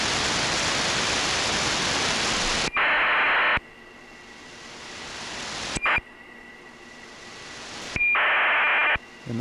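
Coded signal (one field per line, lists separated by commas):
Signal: ACARS aircraft data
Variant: 2400 baud MSK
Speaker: those little uh blurs popping up it's very very quick transmission [Applause] [Applause] and this one seems to be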